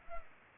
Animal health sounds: mosquito wingbeat signal from an infrared sensor; Culex pipiens

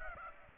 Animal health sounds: mosquito wingbeat signal from an infrared sensor; Aedes aegypti

